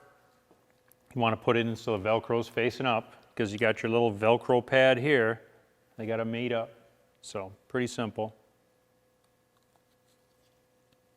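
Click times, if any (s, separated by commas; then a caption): none. A plastic cover for a motorcycle's fuse block area is being handled and positioned with its velcro facing up to line up with a velcro pad, while someone talks. Only a few faint, light handling sounds are heard. Nothing has seated or clicked yet, and the cover's side tangs are not yet clipped in.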